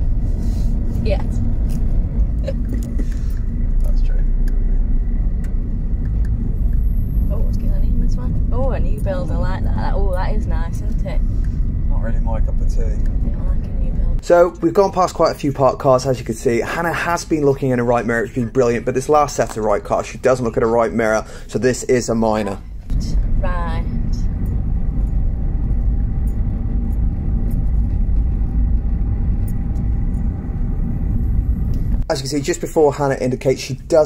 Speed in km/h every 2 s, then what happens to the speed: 39, 42, 39, 37, 37, 40, 42, 42, 40, 42, 42, 44, 44, 45, 44, 42, 37.
0-8 steady at about 39. 14-26 steady at about 42. 26-34 slows to 37.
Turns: none.